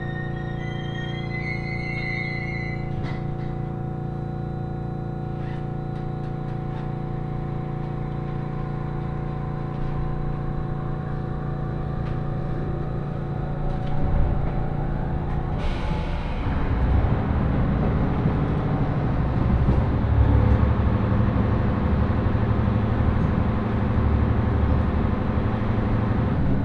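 A rapid train on the Senseki-Tohoku Line runs from Takagimachi toward Sendai, with a steady hum and several sustained motor tones. A few brief high tones sound in the first seconds. Around fifteen seconds the rumble grows heavier and rougher, staying louder to the end.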